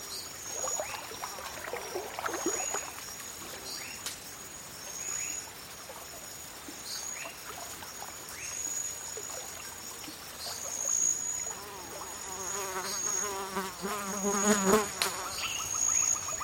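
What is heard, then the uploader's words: Jungle swamp ambience with a steady high insect whine running the whole way through. Short rising and falling bird or frog calls pop up every few seconds, and near the end a buzzing, warbling call grows louder around twelve to fifteen seconds. Jungle swamp ambience.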